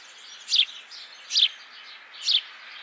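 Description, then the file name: House sparrow chirps, three short bright notes spaced almost a second apart over low steady hiss. "Passer domesticus"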